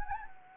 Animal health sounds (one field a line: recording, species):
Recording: mosquito wingbeat signal from an infrared sensor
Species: Anopheles gambiae